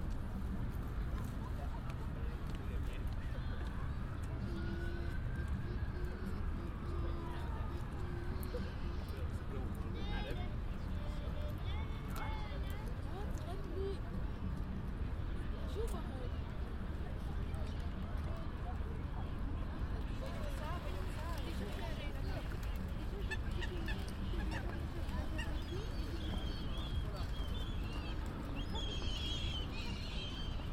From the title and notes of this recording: A binaural field recording in Hyde Park, walking from just outside the Serpentine to the winter carnival.